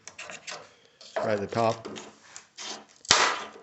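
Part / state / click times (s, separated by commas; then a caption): trim piece clip in a car body panel (door/windshield frame area) / released / 3.1 s. A pry tool works a trim piece loose on the door/windshield frame of a 1980 Triumph TR7, going from the bottom up and then at the top where it is held tighter, with scraping and prying sounds while someone talks. A sharp, loud snap at 3.1 s marks a clip letting go, and the trim piece comes free.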